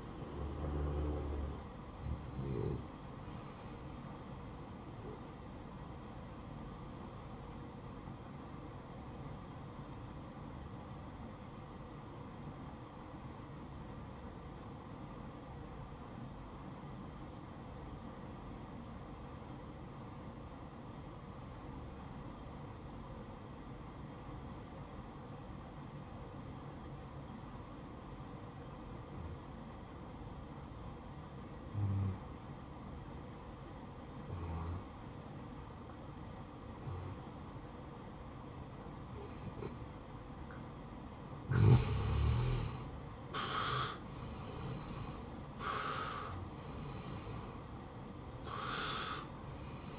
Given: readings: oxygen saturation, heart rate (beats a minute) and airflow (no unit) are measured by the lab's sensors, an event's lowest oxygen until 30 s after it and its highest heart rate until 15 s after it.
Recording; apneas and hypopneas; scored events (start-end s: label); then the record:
breathing in sleep by a smartphone at the bedside; 1
5.00-35.00 s: new sleep stage, N2 (light sleep)
10.00-45.00 s: obstructive apnea (N2, oxygen 95% highest, then 84% lowest, heart rate 57 at the start, 72 highest)
35.00-49.99 s: new sleep stage, N1 (lightest sleep)
From the record:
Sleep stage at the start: N1 (lightest sleep); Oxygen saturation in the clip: 83 to 95%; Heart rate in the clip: 52 to 72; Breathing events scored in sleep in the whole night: 573 in 9.8 hours asleep